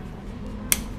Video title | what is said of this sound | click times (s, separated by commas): BAHAYA.....JANGAN ASAL KENCANGKAN MUR RODA MOBIL | he already has clicks, we stop it means he's already | 0.7 s